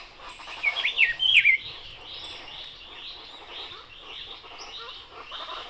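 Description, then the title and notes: Rufous-browed Peppershrike song: a loud, rich whistled phrase of rising and falling notes lasting about a second, over a busy chatter of other birds. Singing in the foreground at 6:00 a.m., 28 March 2026, Barichara, Santander, Colombia; recorded with a Zoom H5 recorder and Crake Sound microphone. "28 de marzo del año 2026, en Barichara, Santander, Colombia. 6:00 a.m. en primer plano un Cyclarhis gujanensis o Vireón cejirrufo"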